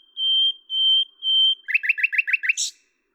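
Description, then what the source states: Common nightingale song: three long, even, pure whistles, then a rapid repeated series of sharp chooking notes ending in a harsh buzz. At Lavours, France, on 10 May 1998; Tascam DAP-1 with Télingua microphone, edited in Samplitude 5.1.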